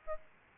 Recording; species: mosquito wingbeat signal from an infrared sensor; Aedes albopictus